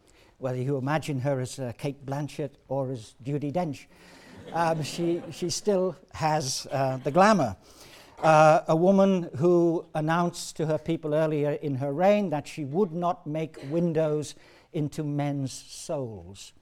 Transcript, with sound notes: Whether you imagine her as Cate Blanchett or as Judi Dench [laughter] she still has the glamour, a woman who announced to her people early in her reign that she would "not make windows into men's souls."